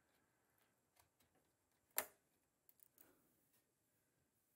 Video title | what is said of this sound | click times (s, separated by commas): What to Upgrade on your Prebuilt Gaming PC? | and you'll hear a click | 2.0 s